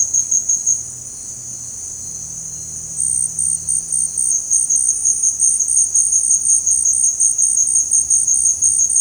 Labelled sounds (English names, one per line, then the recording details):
none
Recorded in dense forest near Puerto Asís, Putumayo, Colombia, on 23 June 2025 at 17:30
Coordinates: 0.486, -76.317
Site G065